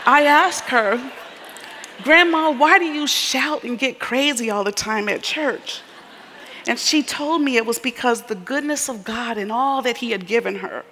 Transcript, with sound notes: I asked her, “Grandma, why do you shout and get crazy all the time at church?” (laughter) And she told me it was because of the goodness of God and all that He had given her.